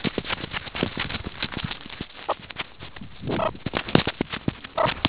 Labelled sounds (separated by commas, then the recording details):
meerkat close call
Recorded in the Kuruman River Reserve, South Africa
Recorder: an audio tag on a meerkat's collar